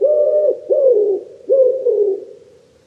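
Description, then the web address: Common wood pigeon uttering three deep, breathy coos, the later ones drawn out and falling, fading at the end. "cianscape. Deverinetal 2025. Bird Only"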